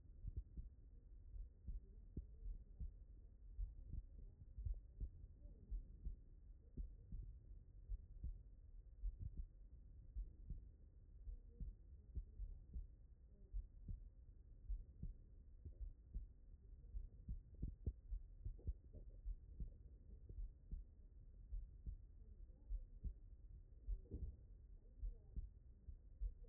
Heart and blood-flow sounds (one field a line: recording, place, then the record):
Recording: heart sounds by stethoscope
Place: pulmonary valve (PV)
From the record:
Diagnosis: non-HFrEF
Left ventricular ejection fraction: 67%